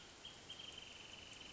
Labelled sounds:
Wrentit
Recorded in Sonoma County, California

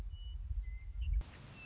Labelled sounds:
Western Meadowlark
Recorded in Sonoma County, California

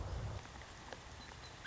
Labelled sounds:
Song Sparrow
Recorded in Sonoma County, California

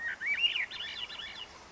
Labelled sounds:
Swainson's Thrush
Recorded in Sonoma County, California

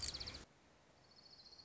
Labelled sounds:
Orange-crowned Warbler
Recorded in Sonoma County, California

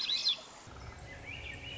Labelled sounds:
Swainson's Thrush
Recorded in Sonoma County, California

